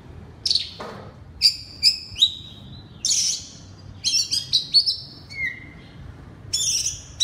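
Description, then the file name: Oriental magpie-robin uttering scattered sharp whistles and short chattering phrases separated by gaps, with one low whistled note near the end. Loud song style called ngeplong keras in Indonesian (kacer). "suara kacer ngeplong keras"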